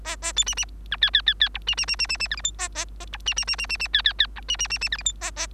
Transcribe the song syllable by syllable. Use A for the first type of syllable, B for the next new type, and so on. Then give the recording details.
A A B C C D E E E E F C C C C C C G H I A A A F C C C C C C E E E D C C C C G H I A A. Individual Bird3